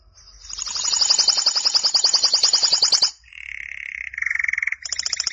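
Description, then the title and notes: Canary song: a loud high rattling trill for three seconds, followed by lower buzzy rolled phrases and a short high trill. "BM Suara Kenari. BM Suara Burung Kenari"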